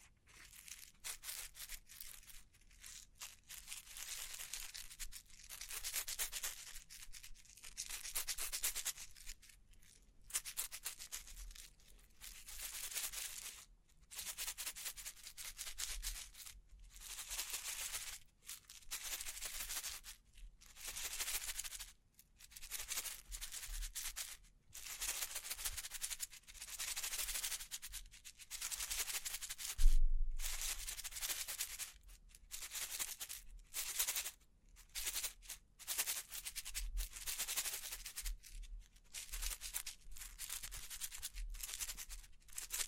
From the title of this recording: Bling Bling Triggers